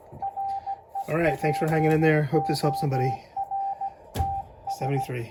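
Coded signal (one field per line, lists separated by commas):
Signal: Morse code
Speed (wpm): 16 wpm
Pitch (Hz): 790 Hz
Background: speech, radio noise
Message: REPORTS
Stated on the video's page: Kenwood TS-520S modified to use both wide and narrow CW filters.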